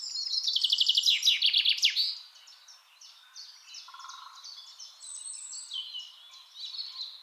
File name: Fringilla coelebs